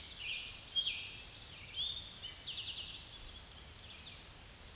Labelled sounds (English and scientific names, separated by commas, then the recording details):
Eastern Towhee (Pipilo erythrophthalmus) song
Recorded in a Pennsylvania forest on 16 May 2024 at 06:05
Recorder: AudioMoth, point MSD-2083
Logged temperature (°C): 16.7 °C
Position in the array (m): 106 m, 6 m